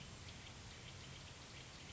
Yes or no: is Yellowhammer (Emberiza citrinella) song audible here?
no